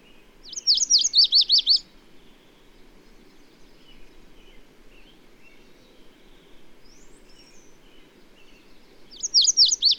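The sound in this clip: Bird singing a quick trill-like phrase of high looping notes, then the same phrase again near the end; quiet twitters and a low hum fill the pause.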